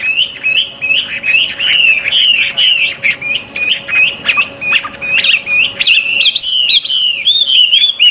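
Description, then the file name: Chinese hwamei song: a rapid, continuous stream of loud, clear whistled notes, many slurred up and down, with a steady faint hum underneath. Recorded at a bird gathering. "audio gathering hwamei. omkicau"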